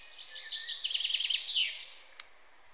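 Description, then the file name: Common chaffinch song, a quick series of bright repeated notes ending in a falling flourish, followed by a single sharp click. "Fringilla coelebs"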